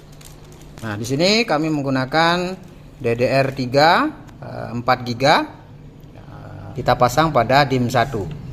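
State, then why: Not seated. A DDR3 4 GB memory module is being fitted into the DIMM 1 slot on a motherboard while a man talks. Only faint handling noises sit under the speech, and nothing has seated or clicked yet.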